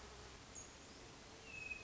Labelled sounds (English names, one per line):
Hermit Thrush